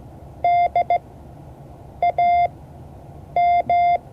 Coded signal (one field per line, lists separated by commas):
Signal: Morse code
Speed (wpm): 15 wpm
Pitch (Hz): 700 Hz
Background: none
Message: DAM